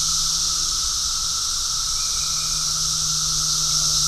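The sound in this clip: Cicadas sound as a constant shrill buzzing wash, a steady lower whine beneath, and a low even hum running throughout.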